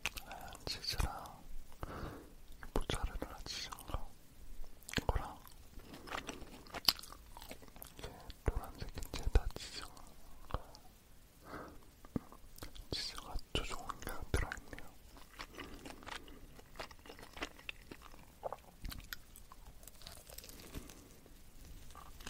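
Crunching and chewing of a crispy hot dog, with sharp crackling bites arriving every second or two amid softer wet mouth sounds. Quiet whispering drifts in between bites. There is no other background noise.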